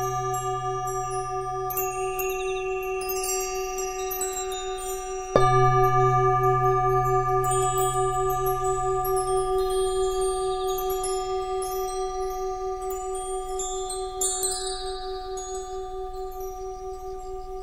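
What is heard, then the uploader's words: Tibetan singing bowls ring with a steady, sustained tone, layered with bright scattered chime tinkles throughout. Around five seconds a bowl is struck firmly, swelling the sound, which then slowly fades; another softer strike lands near fourteen seconds. Meditate with the sound of chimes in Tibetan bowls.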